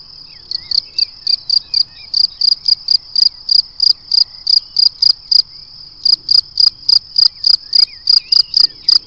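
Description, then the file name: Cricket chirping, high pulsed chirps repeated rapidly in a steady run with brief pauses. "Le chant du grillon"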